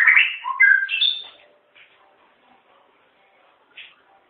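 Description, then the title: White-rumped shama song: a rich burst of varied whistled notes, sliding up and down, lasting about a second and a half, then near silence with two faint notes later. "murai batu"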